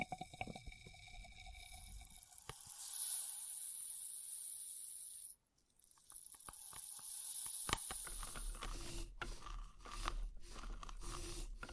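Experimental triggers played on test tubes: a steady airy hiss with bright, hushed crinkling fills the clip, broken by sharp taps and clicks around 2.5, 7.5 and 9 seconds. The sound cuts out briefly near 5 seconds, then returns busier with scattered tapping and rubbing.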